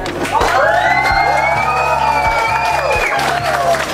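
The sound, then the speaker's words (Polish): A crowd applauds and cheers steadily for about four seconds, with scattered claps, high whoops and rising, sustained shouted voices over a dense, loud wash of noise, applause for pupils of Primary School No. 7 in Ełk on Polish Radio Three (Trójka). “I dla nich wszystkich teraz brawa.”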